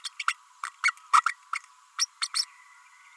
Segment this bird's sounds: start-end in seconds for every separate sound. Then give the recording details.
0.04-0.09, 0.19-0.23, 0.27-0.34, 0.63-0.71, 0.83-0.92, 1.12-1.22, 1.98-2.06, 2.21-2.27, 2.34-2.45. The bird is a female. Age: 32 days. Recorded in a nest box in Venezuela. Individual 17B32A5